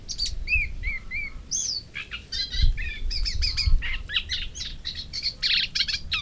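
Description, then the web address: Moustached warbler delivering a busy song that opens with clear slurred whistles and moves into dense chattering notes, over a low background rumble. "agykontroll Madardalok Cd 3. Fülemülesitke"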